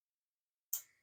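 The plunger of a gas hob's thermocouple-held safety valve, held down magnetically while the thermocouple is hot, is released as the thermocouple cools and springs back up. After near silence, a single sharp, bright click sounds at 0.7 s and fades quickly. The valve has released.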